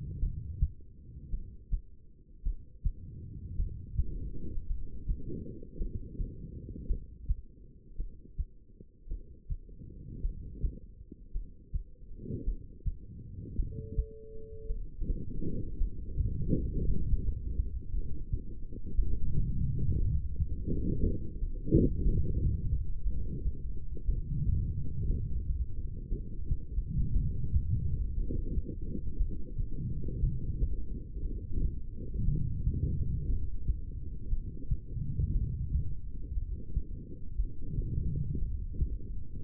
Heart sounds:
heart sounds by stethoscope; 57 bpm
0.19 s: heartbeat
1.30 s: heartbeat
2.43 s: heartbeat
3.56 s: heartbeat
4.67 s: heartbeat
5.77 s: heartbeat
6.87 s: heartbeat
7.96 s: heartbeat
9.08 s: heartbeat
10.21 s: heartbeat
11.32 s: heartbeat
12.44 s: heartbeat
13.56 s: heartbeat
14.67 s: heartbeat
15.77 s: heartbeat
16.85 s: heartbeat
17.90 s: heartbeat
18.95 s: heartbeat
19.97 s: heartbeat
21.00 s: heartbeat
22.02 s: heartbeat
23.03 s: heartbeat
24.05 s: heartbeat
25.07 s: heartbeat
26.09 s: heartbeat
27.12 s: heartbeat
28.14 s: heartbeat
29.17 s: heartbeat
30.20 s: heartbeat
31.22 s: heartbeat
32.25 s: heartbeat
33.27 s: heartbeat
34.29 s: heartbeat
35.32 s: heartbeat
36.34 s: heartbeat
37.36 s: heartbeat
38.39 s: heartbeat
39.41 s: heartbeat
From the record:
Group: heart failure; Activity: rest 0-14 s, light exercise 14-39 s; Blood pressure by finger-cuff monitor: 84/65 mmHg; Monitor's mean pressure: 72 mmHg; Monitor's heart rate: 54 bpm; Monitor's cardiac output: 2.5 L/min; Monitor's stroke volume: 42 mL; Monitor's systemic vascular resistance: 1430 dyn s/cm5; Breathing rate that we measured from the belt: 12 breaths a minute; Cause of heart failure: non-ischemic cardiomyopathy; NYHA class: 1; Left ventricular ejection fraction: 52%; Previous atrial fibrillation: present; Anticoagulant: apixaban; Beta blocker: bisoprolol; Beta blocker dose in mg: 10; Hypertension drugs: sacubitril-valsartan, spironolactone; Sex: female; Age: 68 years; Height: 169 cm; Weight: 71 kg

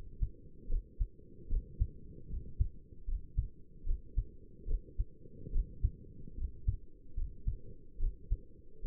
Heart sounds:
heart sounds by stethoscope; 74 bpm
0.70 s: heartbeat
1.50 s: heartbeat
2.30 s: heartbeat
3.08 s: heartbeat
3.87 s: heartbeat
4.68 s: heartbeat
5.53 s: heartbeat
6.38 s: heartbeat
7.17 s: heartbeat
8.00 s: heartbeat
8.85 s: heartbeat
From the record:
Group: healthy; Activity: cold pressor test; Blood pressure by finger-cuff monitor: 96/66 mmHg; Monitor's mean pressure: 78 mmHg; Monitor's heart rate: 76 bpm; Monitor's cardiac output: 6.6 L/min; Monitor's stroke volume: 88 mL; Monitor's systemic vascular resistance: 860 dyn s/cm5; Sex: male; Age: 22 years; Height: 181 cm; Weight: 79 kg

